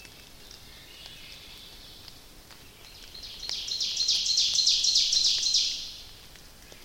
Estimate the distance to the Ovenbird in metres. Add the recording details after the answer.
about 40 m. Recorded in boreal forest in Alberta, Canada, on 29 May 2016 at 06:04. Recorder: SongMeter 3, array SBT-3-49. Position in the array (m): 71 m, 262 m. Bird 14